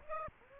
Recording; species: mosquito wingbeat signal from an infrared sensor; Aedes aegypti